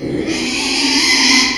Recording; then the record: squeal of a Yucatan mini pig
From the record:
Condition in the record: after surgery on the right vocal fold (resection and tissue-engineered implant); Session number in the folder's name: 2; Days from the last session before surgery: 13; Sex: male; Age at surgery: 12 weeks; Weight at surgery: 13 kg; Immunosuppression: cyclosporine, prednisolone